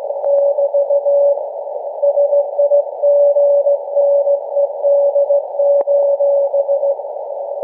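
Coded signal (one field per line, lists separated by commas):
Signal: Morse code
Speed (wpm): 17 wpm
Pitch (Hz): 570 Hz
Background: none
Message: <BT> SIGNED:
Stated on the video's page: Annual Christmas Morse message from SAQ Grimeton's Alexanderson Alternator on 17.2 kHz VLF, received with RSP1A SDR and Miniwhip antenna.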